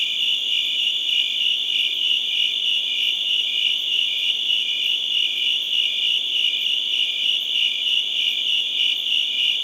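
Cricket gives a steady piercing trill, pulsing around three times a second throughout, with no other sounds present.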